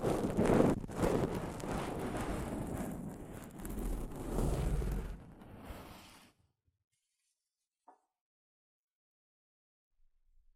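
Soft fabric brushes against a microphone, making a dense, rumbling rustle with some scratchy swipes through the first six seconds. Then it stops abruptly, leaving near silence broken by a brief faint tick around eight seconds and a tiny rustle near the end.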